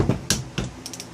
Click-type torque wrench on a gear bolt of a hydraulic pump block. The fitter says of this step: hear it click there's torqued